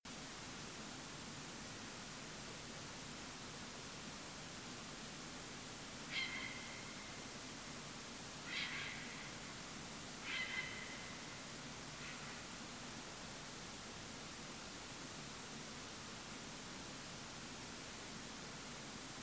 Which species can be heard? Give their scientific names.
Ardea cinerea